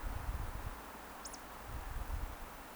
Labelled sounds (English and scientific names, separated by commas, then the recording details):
Eurasian Woodcock (Scolopax rusticola) whistle
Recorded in Baden-Württemberg, Germany, on 30 May 2021 at 19:59 UTC
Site 43323, 910 m above sea level